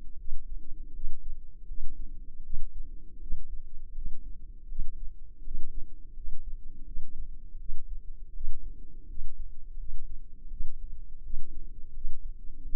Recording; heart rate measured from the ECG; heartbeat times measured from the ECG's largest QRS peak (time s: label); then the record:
heart sounds by microphone in the left ear; 82 bpm
0.17 s: heartbeat
0.93 s: heartbeat
1.66 s: heartbeat
2.42 s: heartbeat
3.19 s: heartbeat
3.93 s: heartbeat
4.67 s: heartbeat
5.42 s: heartbeat
6.14 s: heartbeat
6.84 s: heartbeat
7.57 s: heartbeat
8.32 s: heartbeat
9.06 s: heartbeat
9.76 s: heartbeat
10.48 s: heartbeat
11.22 s: heartbeat
11.92 s: heartbeat
12.61 s: heartbeat
From the record:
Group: healthy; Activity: rest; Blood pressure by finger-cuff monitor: 120/64 mmHg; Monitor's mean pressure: 85 mmHg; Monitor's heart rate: 82 bpm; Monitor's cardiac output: 7.8 L/min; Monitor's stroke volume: 95 mL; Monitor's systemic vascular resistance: 780 dyn s/cm5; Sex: female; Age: 24 years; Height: 163 cm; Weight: 55.7 kg